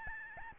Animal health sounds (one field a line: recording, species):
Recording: mosquito wingbeat signal from an infrared sensor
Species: Aedes albopictus